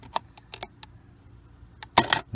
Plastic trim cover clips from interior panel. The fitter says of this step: up pops right off and